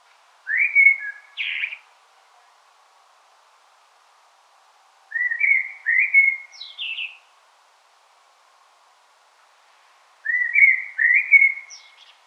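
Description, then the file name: Common blackbird singing three short fluty phrases about five seconds apart, each mellow warble ending in a thin, high scratchy flourish. "Turdus merula"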